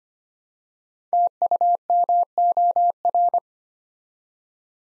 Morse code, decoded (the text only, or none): TUMOR